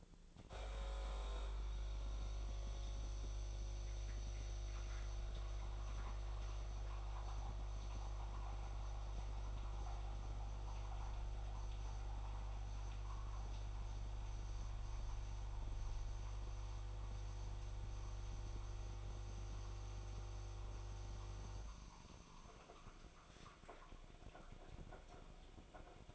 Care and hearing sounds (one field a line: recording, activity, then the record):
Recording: daily activity, microphone in the room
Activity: make coffee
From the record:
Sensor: 5